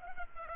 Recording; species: mosquito wingbeat signal from an infrared sensor; Culex pipiens